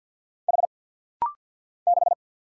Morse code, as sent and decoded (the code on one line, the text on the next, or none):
.... / -....
H 6